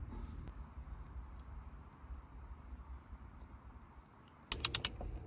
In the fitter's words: A couple of little clicks, but I think they were already nice and tight.